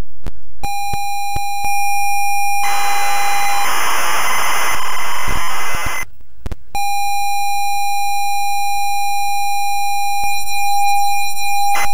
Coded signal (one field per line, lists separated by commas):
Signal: ZX Spectrum tape loading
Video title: Yenght // Dinamic // Comparativa ZX Spectrum